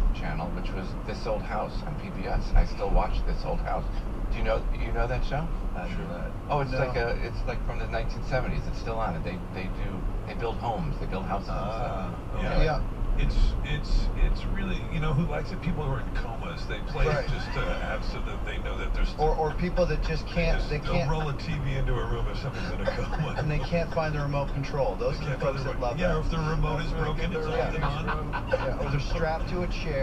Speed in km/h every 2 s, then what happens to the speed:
47, 45, 45, 44, 44, 44, 45, 45, 45, 45, 45, 45, 45, 47, 47.
0-30 steady at about 45.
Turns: none.